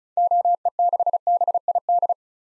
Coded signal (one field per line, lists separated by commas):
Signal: Morse code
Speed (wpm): 36 wpm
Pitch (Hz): 700 Hz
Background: none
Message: OE6BID